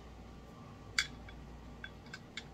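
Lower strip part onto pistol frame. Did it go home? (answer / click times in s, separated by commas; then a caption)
yes / 1.0 s. During reassembly of a Star Model 40 .40 S&W pistol, the metal lower strip part is fitted back onto the pistol frame. It seats with one sharp, bright click at 1.0 s, followed by fainter metallic ticks around 1.3, 1.8, 2.1 and 2.4 s over a low steady background hum.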